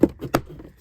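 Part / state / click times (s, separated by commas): plastic glove box shelf tabs into the dash glove box opening / seated / 0.0 s, 0.3 s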